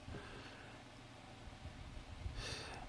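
A B-type propeller is fitted onto the motor shaft of a SYMA X8G quadcopter before the small plastic lock clip is pushed through the pin hole and twisted until it snaps. Only soft handling rustle and breathy noise are heard, with a brief brighter hiss around 2.4–2.7 s. Nothing has snapped or clicked yet.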